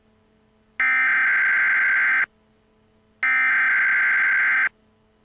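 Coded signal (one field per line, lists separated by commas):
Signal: Emergency Alert System (SAME) tones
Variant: header bursts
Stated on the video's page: Fictional end-of-the-world EAS alert scenario depicting the final moments before global war.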